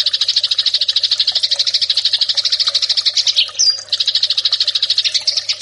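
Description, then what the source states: Eurasian tree sparrow giving an energetic, steady stream of buzzy chirps, interrupted once by a short squeaky note before the chatter continues. Recording intended for training birds in the fighting (tarung) song style; Indonesian name burung gereja.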